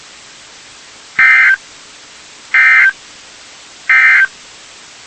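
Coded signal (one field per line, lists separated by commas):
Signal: Emergency Alert System (SAME) tones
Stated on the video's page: EAS alerts from NOAA Weather Radio transmitters in Ohio.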